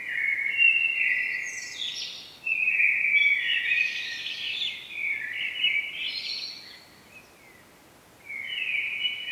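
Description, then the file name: Common blackbird song, several rich, fluty warbled phrases one after another with squeaky high twitters, then a short pause before the next phrase. "Turdus merula"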